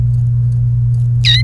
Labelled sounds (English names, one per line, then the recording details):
Domestic Canary song
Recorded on 28 April 2018 at 15:44
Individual llb3